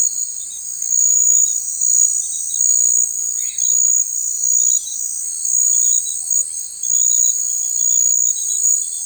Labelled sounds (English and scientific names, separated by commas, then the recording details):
Common Pauraque (Nyctidromus albicollis)
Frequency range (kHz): Common Pauraque (Nyctidromus albicollis) 1.1-2.8 kHz
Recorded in forest near Pivijay, Magdalena, Colombia, on 18 April 2023 at 19:00
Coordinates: 10.467, -74.380
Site Z5-G034